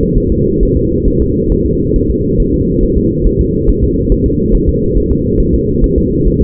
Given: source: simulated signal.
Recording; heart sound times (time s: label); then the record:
fetal heart sounds
0.18 s: S1
0.32 s: S2
0.63 s: S1
0.77 s: S2
1.08 s: S1
1.22 s: S2
1.52 s: S1
1.66 s: S2
1.96 s: S1
2.10 s: S2
2.40 s: S1
2.54 s: S2
2.83 s: S1
2.98 s: S2
3.27 s: S1
3.41 s: S2
3.69 s: S1
3.84 s: S2
4.12 s: S1
4.26 s: S2
4.55 s: S1
4.69 s: S2
4.97 s: S1
5.12 s: S2
5.40 s: S1
5.55 s: S2
5.84 s: S1
5.98 s: S2
6.28 s: S1
6.42 s: S2
From the record:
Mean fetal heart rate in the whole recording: 135 bpm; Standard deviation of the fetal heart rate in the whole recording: 3 bpm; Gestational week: 36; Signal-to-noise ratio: -14.7 dB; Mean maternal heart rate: 72 bpm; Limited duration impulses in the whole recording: present